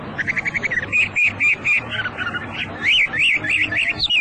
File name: hwamei